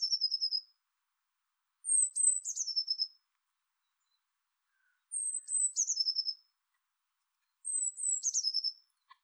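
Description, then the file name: Eurasian blue tit singing high phrases, a thin descending note then a fast trill, repeated about every three seconds with silence between. "Cyanistes caeruleus"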